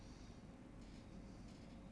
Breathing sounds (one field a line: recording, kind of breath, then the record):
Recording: one breath in and out by a microphone near the nose and mouth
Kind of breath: normal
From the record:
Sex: male